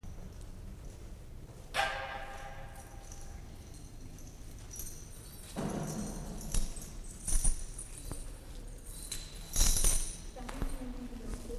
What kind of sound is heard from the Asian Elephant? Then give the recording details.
begging call. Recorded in captivity. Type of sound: begging call. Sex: female. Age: adult. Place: Zoo Berlin, Berlin, DE. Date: 1958-12-24 11:30. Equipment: Vollspur. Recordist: Tembrock, Günter. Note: Kuh "Shanti": Bettellaut beim Hochwerfen des Rüssels (einmal)